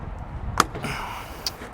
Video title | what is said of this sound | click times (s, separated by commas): Preparing Dad's Abandoned OBS Chevy C1500 Truck For State Ref Inspection (Part 2) | Just popped into place. | 1.5 s